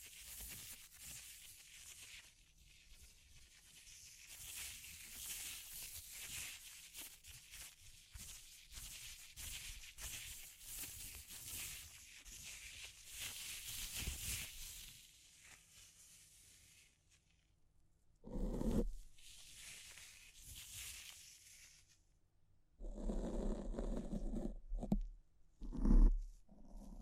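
Scratching on a head, a dense, rapid rasp of bright crackly strokes running for about the first fifteen seconds, pulsing in uneven bursts. After a quiet gap, a few heavier, fuller rubbing and bumping sounds arrive near 18 seconds and again from 23 seconds, with a sharp knock around 26.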